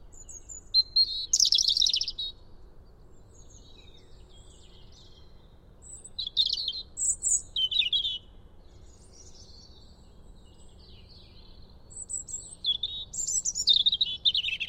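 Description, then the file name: European robin giving three short sweet warbled phrases spaced well apart, each a mix of high thin notes and quick tumbling twitters. "Erithacus rubecula"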